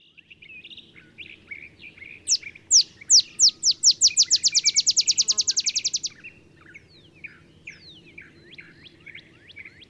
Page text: Olive Sparrow. Recording early morning just 50 miles north of the Mexican border in Texas